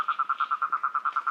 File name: Rhinella ornata